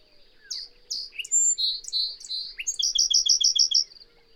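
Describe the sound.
Bird singing a bright phrase: several high whistled and slurred notes, then a fast rhythmic trill of repeated sharp notes that ends abruptly.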